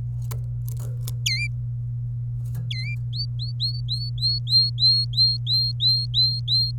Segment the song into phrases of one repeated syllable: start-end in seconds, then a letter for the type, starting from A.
1.26-1.47 A, 2.71-2.95 A, 3.13-6.71 B